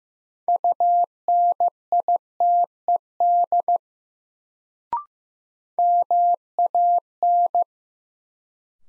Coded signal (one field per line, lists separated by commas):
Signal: Morse code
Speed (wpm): 15 wpm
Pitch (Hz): 700 Hz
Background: none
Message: UNITED MAN